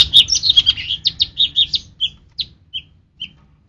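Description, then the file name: Cucak rante song: a rapid tumbling series of bright high chirps that slows into a few separate notes at the end. "cucak rante mas"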